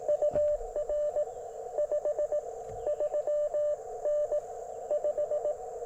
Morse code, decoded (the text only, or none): UR 53N 5